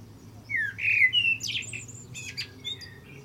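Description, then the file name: Common blackbird song: mellow whistled notes sliding around mid pitch, followed by a burst of high, squeaky twittering notes, over a faint low hum. "Turdus merula"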